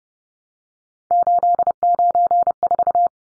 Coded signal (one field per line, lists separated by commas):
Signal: Morse code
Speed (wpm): 30 wpm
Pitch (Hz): 700 Hz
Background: none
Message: 894